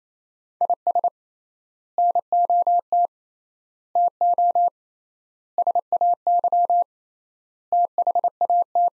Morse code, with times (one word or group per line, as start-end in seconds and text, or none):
0.6-1.1 IS
2.0-3.1 NOT
4.0-4.7 TO
5.6-6.8 SAY
7.7-8.9 THAT